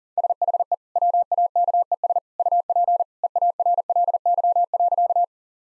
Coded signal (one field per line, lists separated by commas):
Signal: Morse code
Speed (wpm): 40 wpm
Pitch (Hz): 700 Hz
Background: none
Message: SHE WAKES UP EARLY.